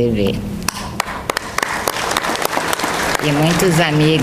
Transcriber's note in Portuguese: Palmas